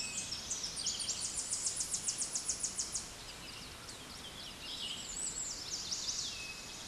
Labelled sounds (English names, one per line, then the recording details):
Tennessee Warbler song
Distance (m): 30 m
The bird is about 25 m above the microphone
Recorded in a Pennsylvania forest on 16 May 2024 at 07:16
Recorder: AudioMoth, point MSD-1368
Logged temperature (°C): 12.5 °C
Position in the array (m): 18 m, 40 m